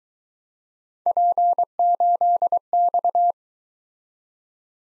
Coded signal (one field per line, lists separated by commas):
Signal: Morse code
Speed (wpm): 22 wpm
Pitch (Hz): 700 Hz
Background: none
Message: P8X